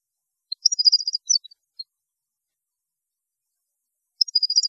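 European goldfinch, a short high tinkling twitter, a silence of a few seconds, then another brief twittering burst.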